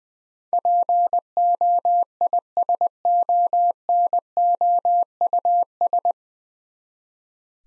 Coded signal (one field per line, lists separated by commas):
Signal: Morse code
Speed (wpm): 20 wpm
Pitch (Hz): 700 Hz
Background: none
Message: POISONOUS